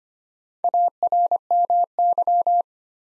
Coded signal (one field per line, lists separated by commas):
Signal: Morse code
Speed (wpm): 25 wpm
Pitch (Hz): 700 Hz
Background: none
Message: ARMY